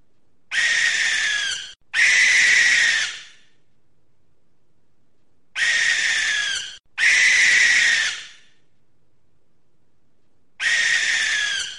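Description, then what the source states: Barn owl giving long, harsh hissing screeches, each about one to one and a half seconds, mostly in pairs, with silent gaps between them; nothing else heard. Recorded in Gloucestershire.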